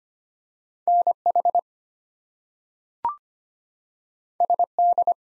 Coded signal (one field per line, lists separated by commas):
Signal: Morse code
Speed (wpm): 25 wpm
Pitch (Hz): 700 Hz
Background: none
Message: NH SD